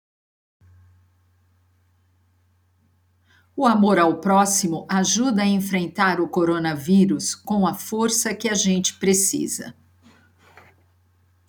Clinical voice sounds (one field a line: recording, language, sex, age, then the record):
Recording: spoken sentence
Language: Brazilian Portuguese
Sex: female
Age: 50 to 59 years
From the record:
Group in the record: control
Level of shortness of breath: 0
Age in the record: 58 years